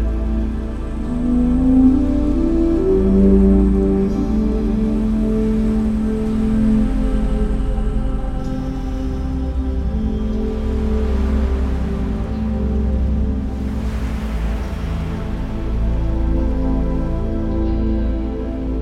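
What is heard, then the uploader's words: Soft music with sustained low tones and gentle melodic swells blends with washing ocean waves that surge louder around 11 and 14 seconds. Enjoy 10 minutes of relaxing music mixed with ocean wave sounds.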